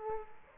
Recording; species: mosquito wingbeat signal from an infrared sensor; Aedes aegypti